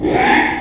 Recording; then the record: squeal of a Yucatan mini pig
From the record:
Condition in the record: after surgery on the right vocal fold (resection and tissue-engineered implant); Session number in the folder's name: 3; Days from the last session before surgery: 33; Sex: male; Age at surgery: 12 weeks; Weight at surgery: 13 kg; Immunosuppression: cyclosporine, prednisolone